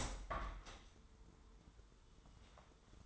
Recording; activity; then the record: daily activity, microphone in the room; open window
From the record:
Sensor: 3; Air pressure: 995.7 hPa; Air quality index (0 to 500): 93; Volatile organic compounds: 11 ppm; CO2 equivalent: 2304 ppm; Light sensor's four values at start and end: 27/82/34/30 and 27/82/35/30